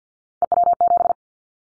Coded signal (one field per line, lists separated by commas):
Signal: Morse code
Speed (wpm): 50 wpm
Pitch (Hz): 700 Hz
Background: none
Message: EW7